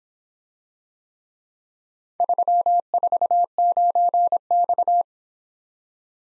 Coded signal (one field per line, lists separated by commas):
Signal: Morse code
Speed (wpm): 25 wpm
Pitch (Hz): 700 Hz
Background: none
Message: 349X